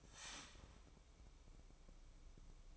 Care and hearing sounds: daily activity, microphone in the room; start toaster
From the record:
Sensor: 1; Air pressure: 1007.3 hPa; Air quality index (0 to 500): 79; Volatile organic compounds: 1 ppm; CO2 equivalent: 684 ppm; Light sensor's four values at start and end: 7/17/7/7 and 7/17/7/7

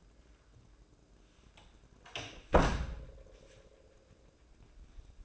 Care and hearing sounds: daily activity, microphone in the room; close door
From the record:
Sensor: 2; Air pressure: 1012.2 hPa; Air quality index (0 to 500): 163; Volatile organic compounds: 2 ppm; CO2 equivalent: 1187 ppm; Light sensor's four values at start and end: 290/723/291/301 and 295/737/297/307

